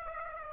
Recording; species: mosquito wingbeat signal from an infrared sensor; Aedes aegypti